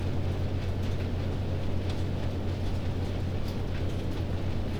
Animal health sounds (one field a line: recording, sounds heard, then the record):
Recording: poultry house recording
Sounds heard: no chicken sound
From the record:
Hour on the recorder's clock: 21